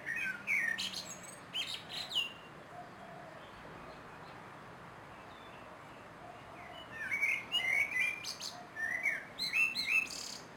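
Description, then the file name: Common blackbird song: two bursts of warbling phrases separated by a quieter gap. "Turdus merula"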